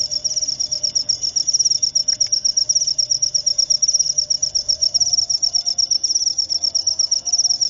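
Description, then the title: Cricket chirping, a continuous high rapid trill of pulses with a faint low rumble behind it. Loud cricket chirping (ngerik) played to make lovebirds sing continuously (ngekek). "Suara JANGKRIK NGERIK Keras Bikin LOVEBIRD Jadi NGEKEK Terus Vubey"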